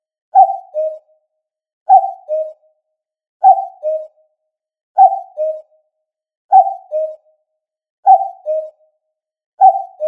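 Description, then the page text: Common cuckoo calling a clear two-note 'cuck-oo', the second note lower, repeated steadily about every one and a half seconds over a silent background. "カッコウの鳴き声-sound-HIRingtone"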